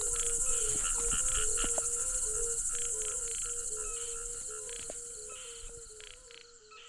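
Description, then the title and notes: Crickets trill continuously and high with pulsed chirps, the sound slowly fading toward the end. At a pool on the Hajnice stream, Ústí, Czechia. "Ústí, Czechia - žáby a cvrčci Hajnice. žáby a cvrčci u hodní tůně na potoce Hajnice"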